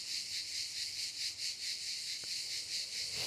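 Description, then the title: Cicada song: a continuous high-pitched buzz pulsing in regular waves about twice a second, with a brief faint click partway through. "cigales"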